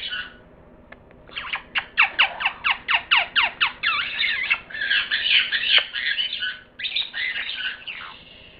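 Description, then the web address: Parrot calls in a quick run of sharp, descending chirps, about two per second, merging into harsh, grating squawks. "cri de perroquet"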